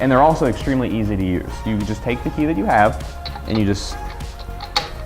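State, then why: Seated. Someone talks while a metal wheel lock key, meant to keep the wheels from being stolen, is pushed onto the patterned wheel lock lug nut on a 2019 GMC Sierra truck wheel. At 4.8 s a sharp, short hit is heard as the key seats onto the lock nut.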